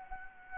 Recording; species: mosquito wingbeat signal from an infrared sensor; Anopheles gambiae